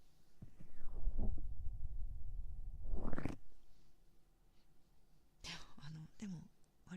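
Deep, gurgling low rumbles swell through the first three seconds, then fade into quieter, scattered gurgles and clicks. These are ordinary stomach growls (borborygmi), normal gut sounds as gas and fluid move through the bowel, from an adult whose stomach keeps growling loudly today during a late-night call.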